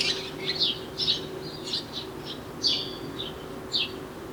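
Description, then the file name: House sparrow chirping, a run of short bright chirps at irregular intervals over a low steady hum. "Passer domesticus"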